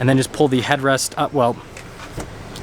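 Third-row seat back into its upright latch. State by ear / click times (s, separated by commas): seated / 2.2 s, 2.6 s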